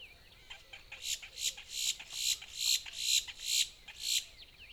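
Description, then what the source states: Boat-tailed grackle giving a rapid series of harsh, rasping notes, about two per second, growing louder at first, over a steady high hum and faint chirps. Recorded 14 April 2018.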